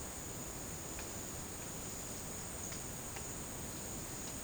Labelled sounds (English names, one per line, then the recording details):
none
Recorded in dense forest near Puerto Asís, Putumayo, Colombia, on 23 June 2025 at 12:30
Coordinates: 0.499, -76.324
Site G100